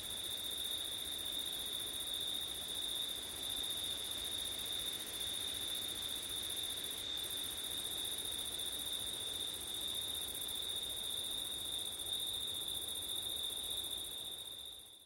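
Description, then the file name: Steady high-pitched cricket trilling runs continuously, with a faint higher shimmer; the sound cuts off at the very end. Crickets recorded on a September night with wind. "crickets wind september night ortif"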